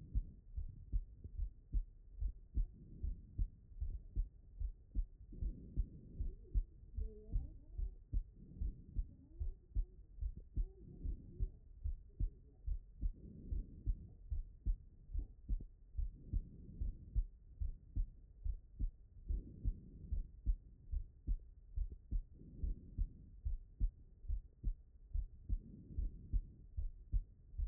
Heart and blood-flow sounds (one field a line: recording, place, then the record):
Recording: heart sounds by stethoscope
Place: pulmonary valve (PV)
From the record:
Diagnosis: non-HFrEF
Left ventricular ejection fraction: 69%